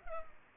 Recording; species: mosquito wingbeat signal from an infrared sensor; Culex pipiens